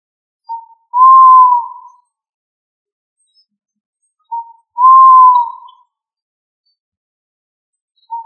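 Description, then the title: Pigeon cooing: a brief soft note, then a longer smooth hooting coo, the pair repeated about every four seconds in otherwise quiet surroundings. "LuckyFamilia ColumbidaePombaSama"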